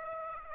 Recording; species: mosquito wingbeat signal from an infrared sensor; Aedes aegypti